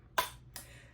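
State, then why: Seated. A plastic sliding lid is pushed closed on a plastic diamond-painting drill storage tray and locks into place with a sharp click at 0.2 s, followed by a softer second click at 0.6 s. The lid is seated and locked, and it stays on when the tray is shaken.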